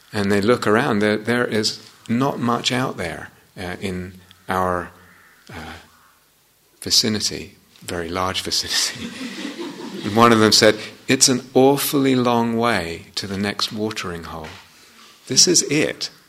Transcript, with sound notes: and they look around, and there is not much out there in our vicinity -- very large vicinity. [laughter] One of them said, "It's an awfully long way to the next watering hole." This is it.